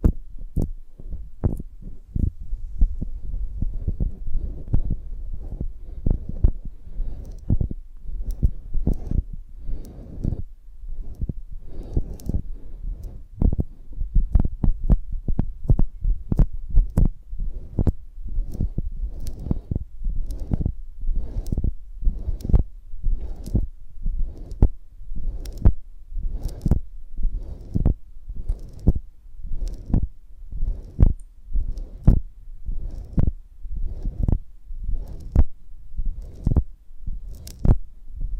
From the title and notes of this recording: ASMR of a Honeycomb on Branch (No Talking).